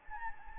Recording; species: mosquito wingbeat signal from an infrared sensor; Anopheles gambiae